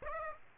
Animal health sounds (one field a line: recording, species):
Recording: mosquito wingbeat signal from an infrared sensor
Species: Aedes aegypti